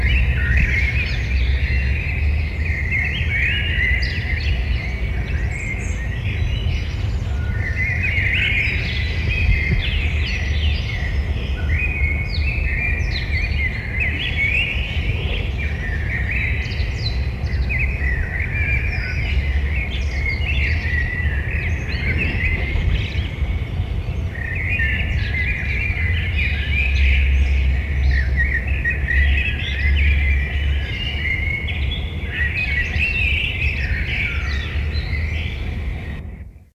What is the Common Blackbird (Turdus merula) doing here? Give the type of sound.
song